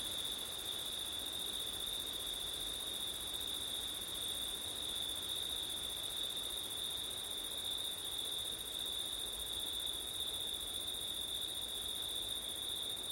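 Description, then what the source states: Crickets chirr continuously in an even high chorus, a fainter shimmering band above, and soft wind throughout. Crickets on a September night with wind; ortif recording.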